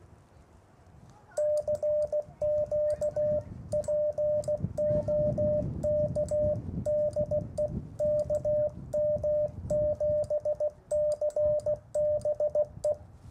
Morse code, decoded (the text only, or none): CQ POK DE KM7CBE